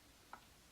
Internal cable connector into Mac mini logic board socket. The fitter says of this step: it should just snap right into place like mine yep